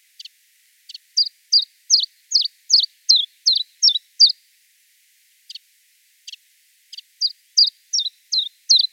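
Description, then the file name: Common chiffchaff singing a steady series of clipped, alternating high notes, about three per second, with a brief pause and a few faint notes midway. Song recorded in Wiesloch. "Zilpzalp Gesang"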